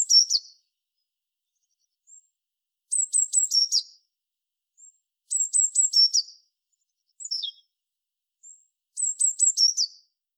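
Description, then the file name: Eurasian blue tit calls in repeated short bursts of high, thin notes followed by a lower buzzy trill, with soft faint notes between. "Cyanistes caeruleus"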